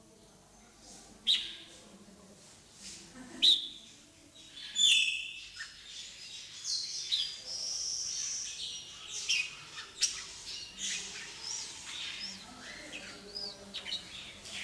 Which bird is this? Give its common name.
Red-whiskered Bulbul